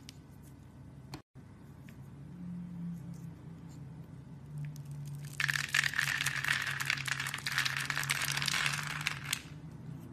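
Soap being carved, with a low steady hum underneath and a brief cut to silence just after the first second. From about five seconds a dense, bright scraping and crackling rasp sets in, running continuously for roughly four seconds before falling away near the end.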